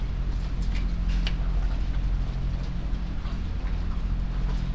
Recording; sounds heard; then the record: poultry house recording; sick chickens (respiratory disease)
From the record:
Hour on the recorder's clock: 21